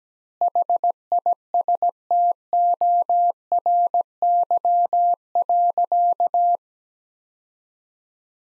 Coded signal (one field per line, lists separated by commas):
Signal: Morse code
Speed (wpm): 17 wpm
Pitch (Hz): 700 Hz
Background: none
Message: HISTORY.